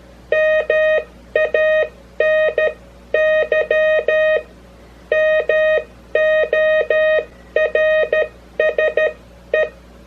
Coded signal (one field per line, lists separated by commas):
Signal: Morse code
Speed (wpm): 13 wpm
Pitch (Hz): 620 Hz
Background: none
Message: MANY MORSE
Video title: Morse Code (CW) Sending Details and Practice Tips